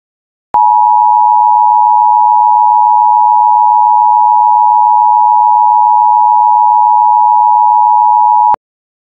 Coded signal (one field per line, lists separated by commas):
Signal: Emergency Alert System (SAME) tones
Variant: 853 and 960 Hz attention tone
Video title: Tornado Warning/Emergency: East Limestone, Alabama (04/28/2014)